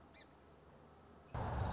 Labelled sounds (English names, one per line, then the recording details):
Song Sparrow
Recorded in Sonoma County, California